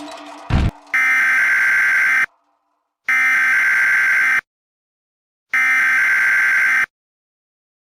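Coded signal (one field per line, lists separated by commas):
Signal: Emergency Alert System (SAME) tones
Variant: header bursts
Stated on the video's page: Fictional EAS alarm for a Jurassic World scenario.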